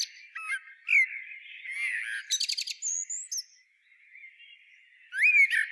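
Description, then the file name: Eurasian blackbird phrases: whistled notes and a quick rattle of high chips, then a brief pause before another upward slurred note. "Turdus merula"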